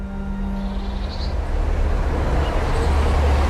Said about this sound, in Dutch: We staan met Marcel langs de provinciale weg, bezoomd met oude bomen. Het verkeer rijdt door zonder in te houden.